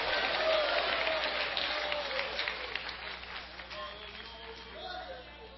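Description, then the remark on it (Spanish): A church audience at a worship service claps hands for the Lord Jesus Christ in a dense, steady burst of applause that stays fairly loud for several seconds before easing slightly, with faint crowd voices mixed in beneath the clapping. “Dele palmas al Señor Jesucristo.”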